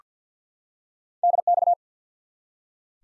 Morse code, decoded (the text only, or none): DX